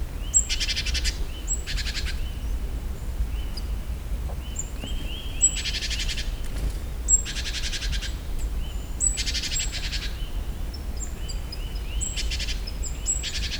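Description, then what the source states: Great tit repeatedly churring in rough buzzy bursts, several in all, with sharp high notes and flat mid-pitched notes between them. A low hum runs throughout. In nature; another call type of the species.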